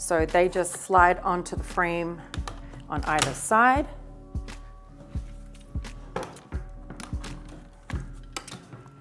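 Someone talks while sliding the rear wheels of a Bumbleride Era stroller onto the axle mounts on either side of the frame. Short, sharp handling knocks sound at about 6.2, 7.0, 7.9 and 8.4 seconds. The clip ends before the wheels lock, so nothing has seated or clicked yet.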